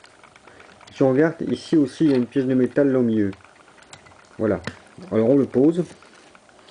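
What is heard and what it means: An interchangeable die-cast head for a Bandai Soul of Chogokin GX-10 Boss Borot toy robot (2007) is handled and set onto the robot body, with a metal piece under the head and a metal piece on the robot, while someone talks. Light taps and handling clicks sound near the start, around 3.9 s, and again at the end. Nothing has seated or clicked into place yet.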